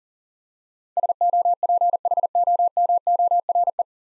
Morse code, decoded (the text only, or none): SOPHOMORE